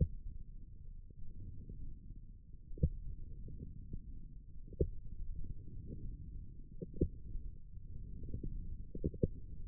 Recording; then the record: forearm muscle sounds (acoustic myography)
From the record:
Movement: wrist flexion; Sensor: system 1, eight BSWA MPA416 microphones around the upper forearm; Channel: 1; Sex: male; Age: 18 years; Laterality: right